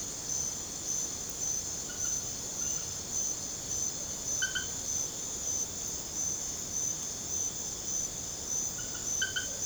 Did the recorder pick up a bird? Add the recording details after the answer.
no. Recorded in secondary vegetation near Puerto Asís, Putumayo, Colombia, on 22 December 2024 at 22:00. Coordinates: 0.489, -76.322. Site G059